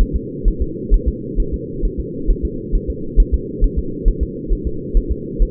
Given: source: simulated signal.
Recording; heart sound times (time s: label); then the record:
fetal heart sounds
0.01 s: S1
0.16 s: S2
0.48 s: S1
0.62 s: S2
0.94 s: S1
1.08 s: S2
1.40 s: S1
1.54 s: S2
1.85 s: S1
2.00 s: S2
2.31 s: S1
2.45 s: S2
2.75 s: S1
2.90 s: S2
3.20 s: S1
3.34 s: S2
3.64 s: S1
3.79 s: S2
4.08 s: S1
4.23 s: S2
4.53 s: S1
4.67 s: S2
4.97 s: S1
5.12 s: S2
5.42 s: S1
From the record:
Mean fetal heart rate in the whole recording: 130 bpm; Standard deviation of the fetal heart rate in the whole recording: 2 bpm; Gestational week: 38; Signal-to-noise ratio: -4.3 dB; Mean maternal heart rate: 72 bpm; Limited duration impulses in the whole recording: absent